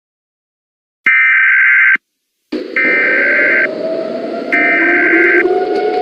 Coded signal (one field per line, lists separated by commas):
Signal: Emergency Alert System (SAME) tones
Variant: header bursts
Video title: Rogue Flare (An EAS Scenario)